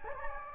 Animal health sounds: mosquito wingbeat signal from an infrared sensor; Anopheles gambiae

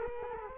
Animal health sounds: mosquito wingbeat signal from an infrared sensor; Culex quinquefasciatus

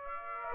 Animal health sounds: mosquito wingbeat signal from an infrared sensor; Aedes aegypti

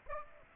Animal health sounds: mosquito wingbeat signal from an infrared sensor; Aedes aegypti

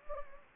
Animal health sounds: mosquito wingbeat signal from an infrared sensor; Anopheles gambiae

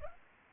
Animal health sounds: mosquito wingbeat signal from an infrared sensor; Anopheles arabiensis

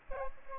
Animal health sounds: mosquito wingbeat signal from an infrared sensor; Aedes aegypti

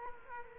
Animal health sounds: mosquito wingbeat signal from an infrared sensor; Culex quinquefasciatus

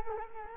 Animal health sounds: mosquito wingbeat signal from an infrared sensor; Culex quinquefasciatus

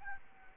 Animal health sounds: mosquito wingbeat signal from an infrared sensor; Aedes albopictus

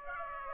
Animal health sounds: mosquito wingbeat signal from an infrared sensor; Aedes aegypti

